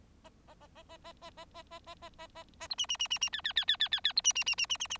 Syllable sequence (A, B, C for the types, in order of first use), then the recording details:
A A A A A A A A A A A A A A A B C C C C C D D D D D D D B C C C C C C C. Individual Bird4